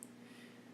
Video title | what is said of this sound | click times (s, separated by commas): How to v8 swap a Dodge Dakota/ Ram. How to repin to your PCM/ Changing your v6 harness to a v8 | it should grab that first lock and then | 0.0 s